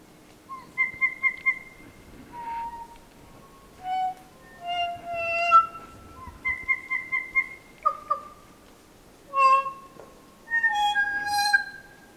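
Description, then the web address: Kokako song: slow, organ-like pure notes, long held tones mixed with quick pulsed series and rich harmonic phrases. "sound kōkako. صدای-پرنده-کوکاکو"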